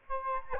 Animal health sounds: mosquito wingbeat signal from an infrared sensor; Aedes albopictus

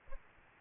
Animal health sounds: mosquito wingbeat signal from an infrared sensor; Aedes albopictus

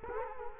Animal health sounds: mosquito wingbeat signal from an infrared sensor; Culex quinquefasciatus

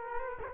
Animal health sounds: mosquito wingbeat signal from an infrared sensor; Culex quinquefasciatus

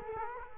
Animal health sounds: mosquito wingbeat signal from an infrared sensor; Culex quinquefasciatus

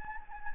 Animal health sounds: mosquito wingbeat signal from an infrared sensor; Anopheles gambiae

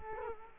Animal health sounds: mosquito wingbeat signal from an infrared sensor; Culex quinquefasciatus

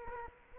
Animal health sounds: mosquito wingbeat signal from an infrared sensor; Culex quinquefasciatus

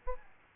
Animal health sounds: mosquito wingbeat signal from an infrared sensor; Aedes albopictus

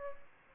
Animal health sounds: mosquito wingbeat signal from an infrared sensor; Aedes aegypti

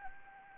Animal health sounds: mosquito wingbeat signal from an infrared sensor; Anopheles gambiae

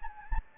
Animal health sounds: mosquito wingbeat signal from an infrared sensor; Anopheles gambiae

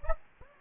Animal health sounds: mosquito wingbeat signal from an infrared sensor; Anopheles gambiae

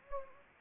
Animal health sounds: mosquito wingbeat signal from an infrared sensor; Anopheles gambiae

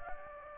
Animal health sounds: mosquito wingbeat signal from an infrared sensor; Anopheles gambiae

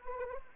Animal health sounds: mosquito wingbeat signal from an infrared sensor; Anopheles arabiensis

